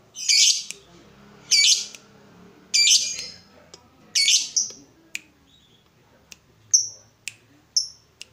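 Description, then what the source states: Yellow-vented bulbul giving harsh, buzzy chattering bursts about every second and a quarter, then short sharp high notes and thin whistled pips. Used as a bird lure (pikat).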